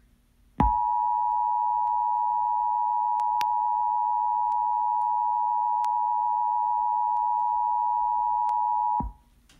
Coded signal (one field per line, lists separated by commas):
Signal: Emergency Alert System (SAME) tones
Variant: 853 and 960 Hz attention tone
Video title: EAS Mock: Coronavirus in Massachusetts